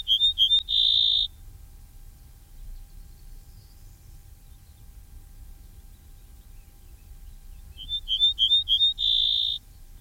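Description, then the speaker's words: Ortolan bunting song: two phrases of several short high notes ending in a longer sustained note, the second phrase several seconds after the first, quiet in between. Played back on the radio. "Christophe écoute cette émission, il va être surpris d'entendre l'ortolan dans son jardin. Bien non, oui, je vous avais promis de le faire entendre, puisque c'est l'oiseau qu'on a bien entendu la semaine dernière à la sortie de Tournon."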